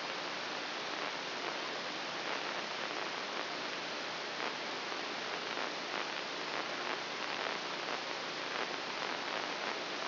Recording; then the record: brain microelectrode recording played as sound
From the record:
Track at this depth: inside the subthalamic nucleus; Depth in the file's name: 3.513 mm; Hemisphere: left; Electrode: 3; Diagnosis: Parkinson's disease